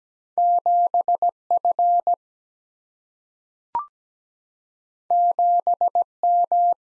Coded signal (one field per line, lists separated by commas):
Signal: Morse code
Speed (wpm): 17 wpm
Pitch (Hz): 700 Hz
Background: none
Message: 7 F 7 M